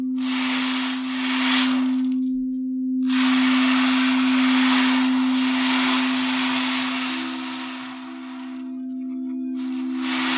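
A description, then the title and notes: A sound bath: a low, steady singing bowl tone hums unbroken through the whole clip, with a faint higher ring above it. Over it, a soft rushing hiss like a rainstick or ocean drum swells and fades, dropping out briefly around 2 and 9 seconds. A Relaxing and Soothing Sound Bath.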